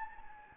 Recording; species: mosquito wingbeat signal from an infrared sensor; Anopheles gambiae